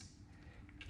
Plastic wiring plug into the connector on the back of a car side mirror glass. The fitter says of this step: kind of snapped into place kind of like so.